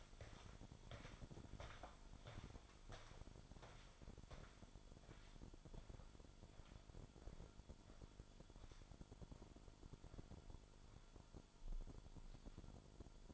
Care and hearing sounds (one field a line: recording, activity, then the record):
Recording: daily activity, microphone in the room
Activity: walk to room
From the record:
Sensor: 5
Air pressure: 1008.3 hPa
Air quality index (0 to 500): 125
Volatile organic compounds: 1 ppm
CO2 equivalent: 962 ppm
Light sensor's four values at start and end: 35/70/31/33 and 32/75/30/29